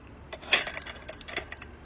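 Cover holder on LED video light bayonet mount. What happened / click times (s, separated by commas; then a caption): The bayonet mount unlatched and the part came free / 0.5 s. The cover holder on the bayonet mount of a GVM 80W LED video light is unlocked by pushing the release and rotating it back the other direction, and it comes out. A sharp metallic click at 0.5 seconds marks the release, followed by lighter clinks and rattles as the holder is handled. No one talks.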